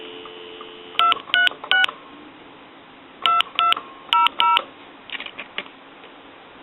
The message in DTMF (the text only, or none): 236 2200